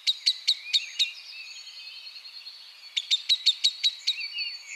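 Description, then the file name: Common blackbird calls: two runs of rapid, evenly spaced sharp chinking notes separated by a quieter stretch of thin, high twittering. "Turdus merula"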